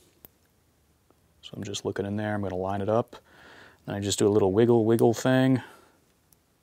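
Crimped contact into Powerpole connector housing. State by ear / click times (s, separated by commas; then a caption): seated / 6.3 s. A crimped metal contact is lined up and pushed into a plastic Anderson Powerpole connector housing with light pressure and a wiggle while someone talks. A single sharp tick at 6.3 s marks the contact clicking into place, seated.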